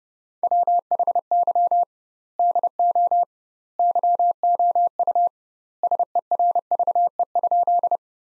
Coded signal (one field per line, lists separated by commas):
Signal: Morse code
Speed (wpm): 30 wpm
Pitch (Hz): 700 Hz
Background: none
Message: WHY DO YOU SERVE?